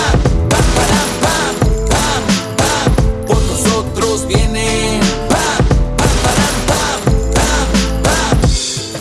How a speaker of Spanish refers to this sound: Y las armas suenan. Pam, pam, para, pam, pam, pam. Los casquillos vuelan. Pam, pam, para, pam, pam, pam.